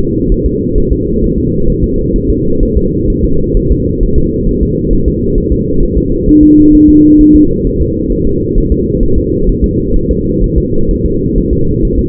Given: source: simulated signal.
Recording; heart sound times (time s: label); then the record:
fetal heart sounds
0.32 s: S1
0.46 s: S2
0.78 s: S1
0.93 s: S2
1.24 s: S1
1.38 s: S2
1.69 s: S1
1.84 s: S2
2.16 s: S1
2.30 s: S2
2.63 s: S1
2.77 s: S2
3.10 s: S1
3.25 s: S2
3.57 s: S1
3.72 s: S2
4.03 s: S1
4.18 s: S2
4.49 s: S1
4.63 s: S2
4.93 s: S1
5.08 s: S2
5.38 s: S1
5.52 s: S2
5.83 s: S1
5.97 s: S2
6.29 s: S1
6.43 s: S2
6.75 s: S1
6.89 s: S2
7.21 s: S1
7.36 s: S2
7.67 s: S1
7.81 s: S2
8.12 s: S1
8.27 s: S2
8.58 s: S1
8.72 s: S2
9.03 s: S1
9.18 s: S2
9.49 s: S1
9.64 s: S2
9.96 s: S1
10.11 s: S2
10.44 s: S1
10.58 s: S2
10.91 s: S1
11.06 s: S2
11.38 s: S1
11.53 s: S2
11.85 s: S1
11.99 s: S2
From the record:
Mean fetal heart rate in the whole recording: 130 bpm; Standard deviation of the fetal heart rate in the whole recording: 4 bpm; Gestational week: 38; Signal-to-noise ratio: -16.4 dB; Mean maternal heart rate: 72 bpm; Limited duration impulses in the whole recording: present